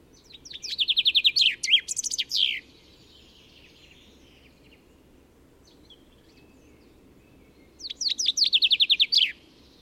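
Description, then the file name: Common chaffinch singing twice, each burst a rapid run of sweet notes ending in a flourish; low background hum. "Fringilla coelebs"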